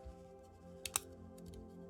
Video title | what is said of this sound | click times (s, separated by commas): Pocket Toys Ruiner B (Bruticus) PART 1- Unboxing and Brawl Review [Third Party Thursday] | get these tread pieces and flip them back in and snap it into place | 0.9 s, 1.0 s